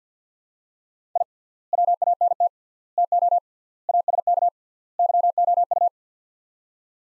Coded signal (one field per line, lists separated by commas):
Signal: Morse code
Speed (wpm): 48 wpm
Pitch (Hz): 700 Hz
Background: none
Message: I WANT TO ASK YOU